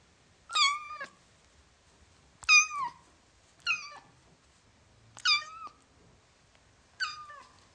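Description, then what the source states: Cat: kitten giving five high, harmonic meows in quick succession, each bending downward at the end, roughly every one and a half to two seconds. Ten-week-old kitten, meowing.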